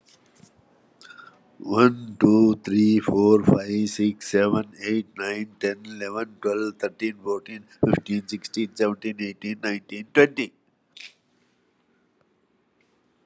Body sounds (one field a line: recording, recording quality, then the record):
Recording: counting at a fast pace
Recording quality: excellent, no background noise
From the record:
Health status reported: exposed to COVID-19, no respiratory illness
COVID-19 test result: negative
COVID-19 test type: RT-PCR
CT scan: taken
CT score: 12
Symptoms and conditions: cold, hypertension, diabetes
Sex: male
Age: 76 years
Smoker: no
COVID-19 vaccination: both doses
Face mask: worn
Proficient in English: yes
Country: India